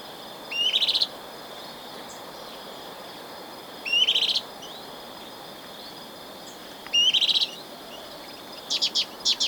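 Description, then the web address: Olive-chested flycatcher song: short, high, rising buzzy bursts repeated roughly every three seconds, ending with a quick stuttered series, insects humming throughout. Recorded in Ecuador. "S America Birds of Ecuador. Olive-Chested Flycatcher"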